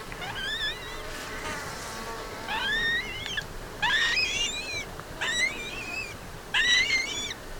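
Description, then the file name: Black-breasted buzzard delivering a string of ringing whistled calls, rising then drawn out and wavering, repeated every second or two with a soft rushing background. "Hamirostra Melanosternon"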